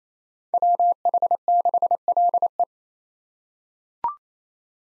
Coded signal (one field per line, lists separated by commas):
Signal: Morse code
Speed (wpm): 29 wpm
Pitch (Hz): 700 Hz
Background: none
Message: WH6LE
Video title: 2023 SOTA Chaser Call Signs - 28wpm